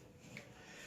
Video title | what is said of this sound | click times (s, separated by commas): Hi Point 4095 Disassembly | okay now that clip is locked in place all right | 0.4 s